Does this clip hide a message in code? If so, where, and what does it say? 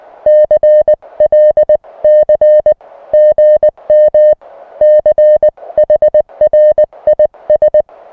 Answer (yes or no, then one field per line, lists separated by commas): yes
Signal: Morse code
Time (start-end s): 0.3-7.8 s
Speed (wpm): 20 wpm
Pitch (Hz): 610 Hz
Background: music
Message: CLC GM CHRIS